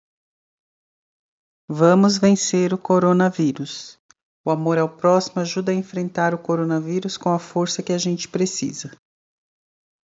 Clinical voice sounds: spoken sentence; Brazilian Portuguese; female; 50 to 59 years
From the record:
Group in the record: control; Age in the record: 52 years

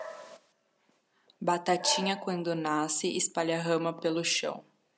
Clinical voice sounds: short text; Brazilian Portuguese; female; 20 to 29 years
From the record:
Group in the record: control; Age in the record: 27 years

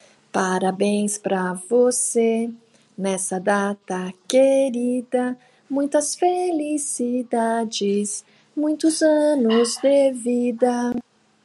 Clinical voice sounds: short text; Brazilian Portuguese; female; 50 to 59 years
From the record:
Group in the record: control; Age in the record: 55 years

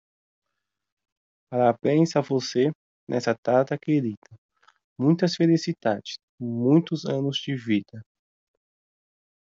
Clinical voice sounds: short text; Brazilian Portuguese; male; 20 to 29 years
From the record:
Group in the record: control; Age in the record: 29 years

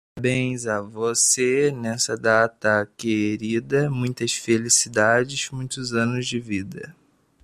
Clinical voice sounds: short text; Brazilian Portuguese; male; 20 to 29 years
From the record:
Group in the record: control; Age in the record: 21 years

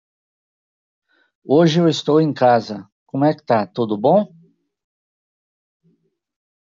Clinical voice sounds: short text; Brazilian Portuguese; male; 60 to 69 years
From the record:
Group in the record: control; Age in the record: 64 years

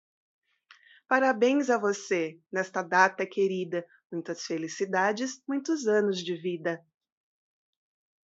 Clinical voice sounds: short text; Brazilian Portuguese; female; 40 to 49 years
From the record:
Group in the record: control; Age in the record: 45 years

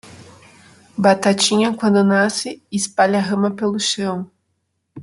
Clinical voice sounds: short text; Brazilian Portuguese; female; 30 to 39 years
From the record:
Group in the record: control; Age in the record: 32 years

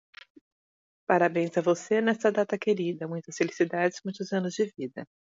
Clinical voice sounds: short text; Brazilian Portuguese; female; 50 to 59 years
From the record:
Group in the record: control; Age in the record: 52 years

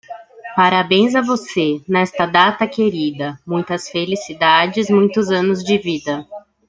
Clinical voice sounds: short text; Brazilian Portuguese; female; 30 to 39 years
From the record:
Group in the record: control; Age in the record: 34 years

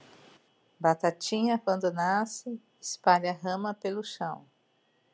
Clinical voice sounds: short text; Brazilian Portuguese; female; 50 to 59 years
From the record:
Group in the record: control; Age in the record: 54 years

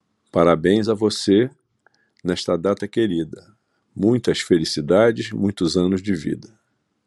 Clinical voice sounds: short text; Brazilian Portuguese; male; 70 to 79 years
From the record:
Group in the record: control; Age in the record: 70 years

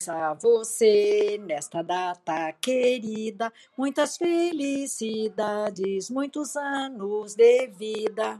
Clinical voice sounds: short text; Brazilian Portuguese; female; 70 to 79 years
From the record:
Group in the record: control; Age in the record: 73 years

